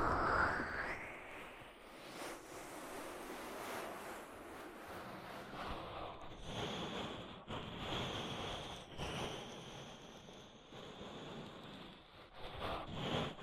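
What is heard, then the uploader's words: An ASMR ear treatment: a dense, rushing rustle that fills the whole clip like wind or surf, with a sharp bright scratch right at the start. The texture shifts in soft swells, with brief drops near six, seven and a half, nine and twelve seconds. ASMR Deep Ear Treatment for Sleep (No Talking).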